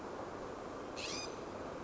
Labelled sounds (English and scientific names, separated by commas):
California Scrub-Jay (Aphelocoma californica)